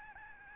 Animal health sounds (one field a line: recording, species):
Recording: mosquito wingbeat signal from an infrared sensor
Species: Aedes albopictus